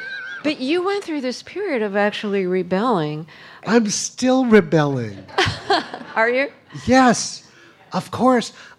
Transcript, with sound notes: But you went through this period of actually rebelling.
I'm still rebelling.
(Laughter) Are you?
Yes, of course.